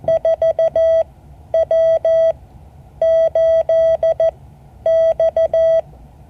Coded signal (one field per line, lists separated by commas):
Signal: Morse code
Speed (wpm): 14 wpm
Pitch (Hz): 650 Hz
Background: none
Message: 4W8X